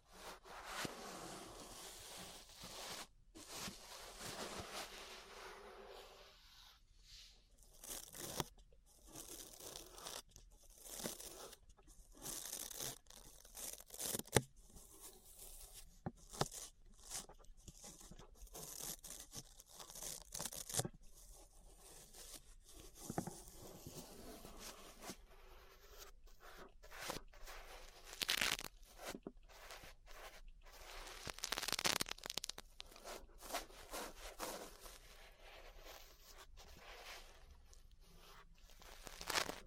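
Ear brushing, with a brush dragging in quick, irregular strokes that rasp and crinkle like tearing paper. The scratchy bursts come densely throughout, mostly bright and hissy, with brief pauses and a few louder swipes around the middle and near 32 seconds.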